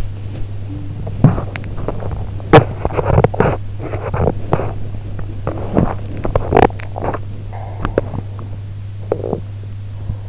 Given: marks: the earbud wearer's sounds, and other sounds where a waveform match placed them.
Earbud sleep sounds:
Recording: sounds in sleep by an in-ear microphone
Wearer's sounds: teeth grinding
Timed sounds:
1.05-10.29 s: teeth grinding

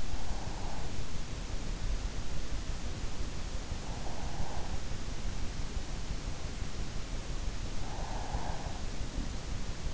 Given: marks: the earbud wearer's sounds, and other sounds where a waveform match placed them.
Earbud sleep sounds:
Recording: sounds in sleep by an in-ear microphone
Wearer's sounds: breath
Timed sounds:
0.00-1.19 s: breath
3.60-5.08 s: breath
7.60-9.08 s: breath

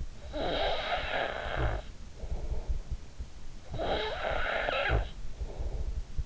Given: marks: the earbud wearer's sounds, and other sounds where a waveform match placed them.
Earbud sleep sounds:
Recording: sounds in sleep by an in-ear microphone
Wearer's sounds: snoring breath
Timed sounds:
0.00-3.23 s: snoring breath
3.43-6.20 s: snoring breath

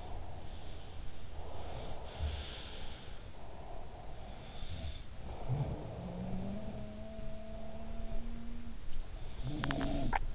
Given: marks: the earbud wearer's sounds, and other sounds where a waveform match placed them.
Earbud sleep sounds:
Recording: sounds in sleep by an in-ear microphone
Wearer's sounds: breath, swallowing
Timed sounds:
0.00-1.09 s: breath
1.20-3.27 s: breath
1.91-2.78 s: sound from someone else or the room
3.35-4.69 s: breath
4.54-8.92 s: sound from someone else or the room
9.32-10.35 s: sound from someone else or the room
9.68-10.35 s: swallowing

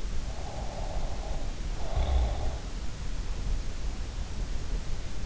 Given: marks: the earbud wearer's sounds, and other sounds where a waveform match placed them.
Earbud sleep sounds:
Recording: sounds in sleep by an in-ear microphone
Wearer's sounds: breath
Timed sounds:
0.52-2.78 s: breath

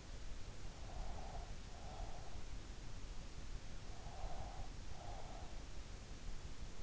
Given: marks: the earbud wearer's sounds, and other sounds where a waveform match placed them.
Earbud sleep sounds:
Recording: sounds in sleep by an in-ear microphone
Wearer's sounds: breath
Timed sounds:
0.76-2.69 s: breath
3.93-5.86 s: breath

